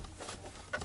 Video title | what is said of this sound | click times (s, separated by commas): How to make your own DIY shift boot and ebrake boot | That one's latched, that one's latched, that's latched. | 0.7 s